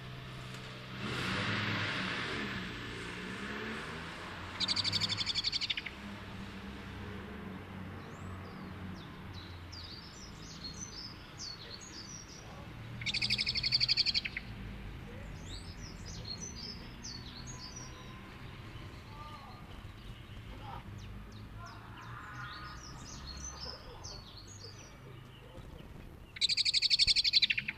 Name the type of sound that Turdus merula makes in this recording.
call